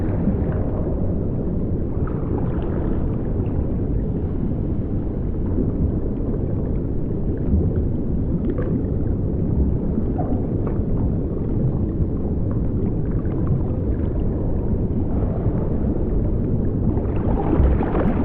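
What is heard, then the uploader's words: A steady, muffled underwater rumble, thick and low with nothing bright above it. The loudness holds constant across the whole stretch, with faint gurgling and small ticks flickering through, and an engine-like drone sits beneath, as if a boat passes. Under Water.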